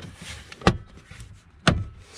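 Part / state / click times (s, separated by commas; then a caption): lower steering column plastic cover onto steering column shroud / seated / 0.7 s, 1.7 s. The plastic lower steering column cover on a 2008 Ford F150 is pressed back onto the steering column shroud after replacing the turn signal switch. Its clips snap home with two sharp clicks at 0.7 s and 1.7 s over faint low rumble and small handling noises. The trim panel is seated in place.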